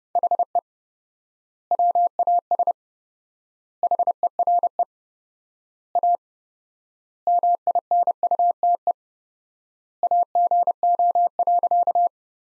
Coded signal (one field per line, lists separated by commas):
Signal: Morse code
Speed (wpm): 31 wpm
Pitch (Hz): 700 Hz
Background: none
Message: HE WAS HERE A MINUTE AGO.